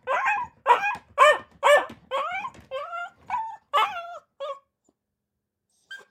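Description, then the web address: Akita puppy giving a run of high, rapid barks about two per second, several sliding downward into yelping whines, then falling quiet. Akita puppy barking inside a kennel cage. "dog akita puppy bark in cage kennel"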